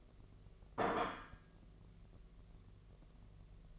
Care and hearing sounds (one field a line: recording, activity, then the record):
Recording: daily activity, microphone in the room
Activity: place plate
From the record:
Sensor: 4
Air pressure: 1015.9 hPa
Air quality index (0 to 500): 209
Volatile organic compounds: 13 ppm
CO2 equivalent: 2406 ppm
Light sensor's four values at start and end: 16/38/16/17 and 16/38/16/17